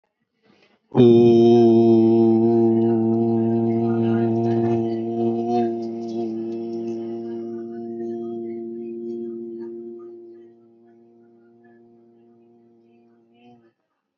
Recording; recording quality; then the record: sustained vowel as in boot; excellent, no background noise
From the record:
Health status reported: exposed to COVID-19, no respiratory illness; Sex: male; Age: 32 years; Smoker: yes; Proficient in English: yes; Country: India